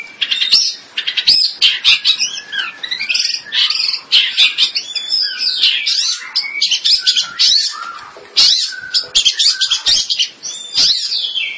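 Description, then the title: Long-tailed shrike song: a long continuous medley of scratchy chatter, squeaks and whistled notes, dense and fast with hardly any pause. "Kicau Burung Pentet"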